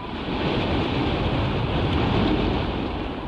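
A storm sound effect of roaring wind and crashing waves, a dense, steady wash of rumbling noise that stays loud and even throughout, with no voices.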